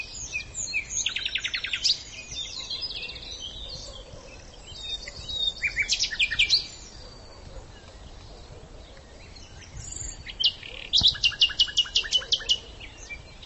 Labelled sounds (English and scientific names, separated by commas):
Common Nightingale (Luscinia megarhynchos) song